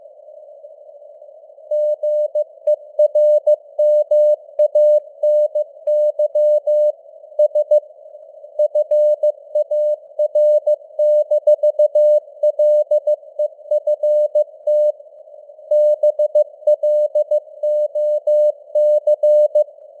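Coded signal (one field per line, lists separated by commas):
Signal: Morse code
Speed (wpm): 15 wpm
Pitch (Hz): 600 Hz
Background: none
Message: GERMANY S FAR-LEFT BLOC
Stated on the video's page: News headlines in Morse at 15 wpm with simulated radio noise and varying signal strength (QSB).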